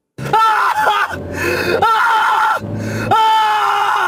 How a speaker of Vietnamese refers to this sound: nghe thấy tiếng hét thất thanh